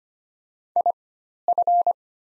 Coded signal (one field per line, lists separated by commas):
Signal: Morse code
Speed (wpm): 25 wpm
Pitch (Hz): 700 Hz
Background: none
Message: IF